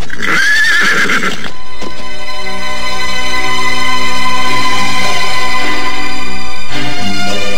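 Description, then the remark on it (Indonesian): A horse lets out a loud, quavering whinny at the start, then the galloping hoofbeats of many horses carry on under a steady, sustained tonal backdrop for several seconds, with no one talking. “Paman, aku mendengar ada derap kuda di sebelah sana.”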